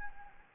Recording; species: mosquito wingbeat signal from an infrared sensor; Anopheles gambiae